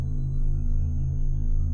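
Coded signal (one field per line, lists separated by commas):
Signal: none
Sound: game's ambient sonar pings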